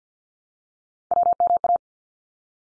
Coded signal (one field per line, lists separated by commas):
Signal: Morse code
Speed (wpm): 50 wpm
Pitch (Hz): 700 Hz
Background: none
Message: WMA